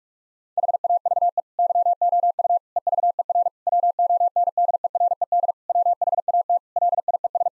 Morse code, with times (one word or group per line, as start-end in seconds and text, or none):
0.6-1.4 HAVE
1.6-2.6 YOU
2.8-3.5 EVER
3.7-5.5 WONDERED
5.7-6.6 WHAT
6.8-7.5 LIES